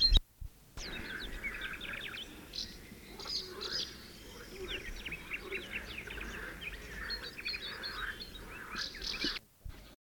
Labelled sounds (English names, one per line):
Great Tit song